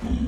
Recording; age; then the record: pig call; growing-finishing pig (85 days or more)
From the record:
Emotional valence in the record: negative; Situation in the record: barren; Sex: female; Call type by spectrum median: low-frequency call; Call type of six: low-frequency stable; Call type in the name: low-frequency stable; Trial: 3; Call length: 0.27 s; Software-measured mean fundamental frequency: 40 Hz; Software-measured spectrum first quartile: 73 Hz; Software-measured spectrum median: 178 Hz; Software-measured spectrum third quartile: 282 Hz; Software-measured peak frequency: 239 Hz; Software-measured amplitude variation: 187 dB a second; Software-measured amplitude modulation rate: 20.0 a second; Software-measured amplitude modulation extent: 9.3 dB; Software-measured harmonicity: -0.3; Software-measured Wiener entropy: -0.78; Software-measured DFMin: 971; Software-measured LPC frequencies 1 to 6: 238, 1830, 3192, 5638, 6797, 7652 Hz